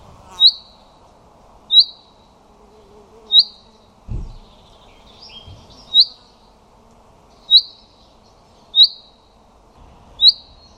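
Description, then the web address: Common chaffinch repeating a sharp 'pink' call, mostly about every one and a half seconds, seven times, with a couple of faint thuds and a brief other chirp. "Deverinetal 2025"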